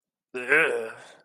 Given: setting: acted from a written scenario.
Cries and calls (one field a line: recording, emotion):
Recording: vocal sound without words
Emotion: disgust